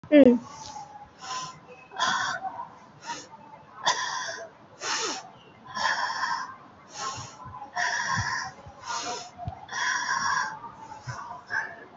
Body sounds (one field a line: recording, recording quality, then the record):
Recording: deep breathing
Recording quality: excellent, no background noise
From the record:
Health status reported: COVID-19 positive, moderate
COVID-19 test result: positive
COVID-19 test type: RT-PCR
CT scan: taken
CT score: 5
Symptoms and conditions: cough, cold, sore throat, fever, fatigue, muscle pain, diarrhoea, diabetes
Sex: female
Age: 63 years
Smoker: no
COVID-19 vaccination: none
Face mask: worn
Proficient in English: yes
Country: India